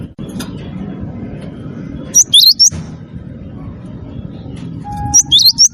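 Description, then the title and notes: Bird calls in two brief clusters of high, rising chirps amid steady low rumbling noise, with a short lower whistle before the second cluster. Bird with a melodious voice. "ND Burung. Nada Dering Burung Dengan Suara Merdu"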